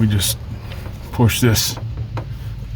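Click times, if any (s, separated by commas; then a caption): none. Someone talks while a new EVAP emission hose quick-connect fitting is positioned to be pushed straight up onto its plastic tube fitting on a 1997–2003 Gen 10 Ford F-150, with a steady low hum underneath. The connector has not seated or clicked yet.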